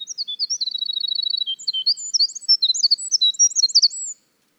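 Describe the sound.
Winter wren song that opens with a few notes and a quick, even trill of tiny notes, then breaks into a hurried tumble of high, varied twitters, about four seconds in all.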